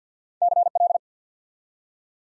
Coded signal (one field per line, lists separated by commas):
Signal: Morse code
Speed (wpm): 49 wpm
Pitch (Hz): 700 Hz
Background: none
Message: CL